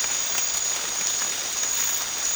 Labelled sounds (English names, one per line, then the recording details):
none
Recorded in pastures near Puerto Asís, Putumayo, Colombia, on 8 March 2025 at 02:30
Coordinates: 0.502, -76.324
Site GP07